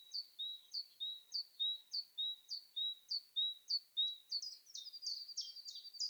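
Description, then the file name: Great tit song, a steady series of two-note high-low phrases, becoming busier and overlapping with extra notes near the end. "Parus major"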